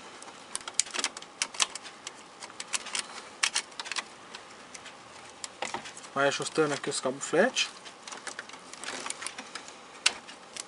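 While reassembling the print head of an Epson T1110 A3 printer, the small print head plate with its flat ribbon cables is being adjusted by hand into the printer carriage, giving sharp plastic taps and ticks scattered through the clip while someone talks. Nothing has seated or clicked into place yet.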